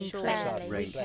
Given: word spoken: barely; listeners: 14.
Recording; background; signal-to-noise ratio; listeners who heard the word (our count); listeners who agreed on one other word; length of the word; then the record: one English word in noise, from a listening test; four-talker babble; -2.4 dB; 0 of 14; 7 of 14; 0.65 s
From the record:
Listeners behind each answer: 7, 1, 1, 1, 1, 1, 1, 1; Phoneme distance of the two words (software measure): 27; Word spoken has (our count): 2 syllables, 4 phonemes, stress on syllable 1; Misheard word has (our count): 2 syllables, 5 phonemes, stress on syllable 1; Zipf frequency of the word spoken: 4.31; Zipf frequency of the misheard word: 5.01